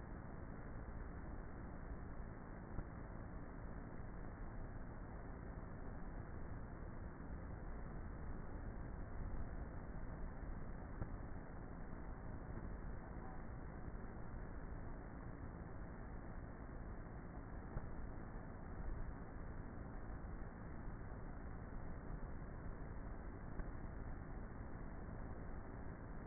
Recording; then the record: honeybee colony, microphone inside the hive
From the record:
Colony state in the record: queenless with a low population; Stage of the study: before two queens were removed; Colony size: about 30,000 bees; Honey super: no